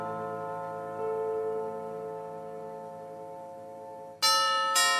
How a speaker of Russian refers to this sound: Звонок в дверь.